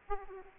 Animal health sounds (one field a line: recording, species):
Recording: mosquito wingbeat signal from an infrared sensor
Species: Aedes aegypti